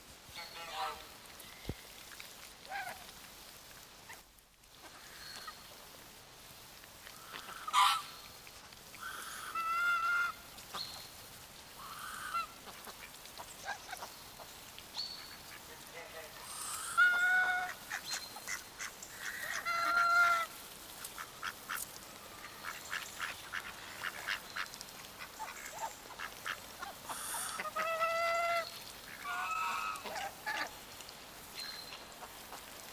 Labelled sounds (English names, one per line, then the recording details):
Swan Goose call
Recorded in captivity
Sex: pair
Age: adult
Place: Tierpark Wolgast, Mecklenburg-Vorpommern, DE
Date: 1983-09-19 12:04
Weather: overcast, 16°C
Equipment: Nagra SN, Sennheiser MKH 416 T, Kopie Uher 4000 Report Monitor
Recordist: Tembrock, Günter